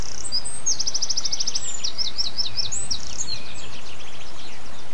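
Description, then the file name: Bird song: a rapid string of high, sharp repeated notes, then quieter descending phrases, over a continuous noisy background. Birdsong dated 11 04 07, recorded on an MZ-N710 device. "MZ-N 710 Chants d oiseaux 11 04 07"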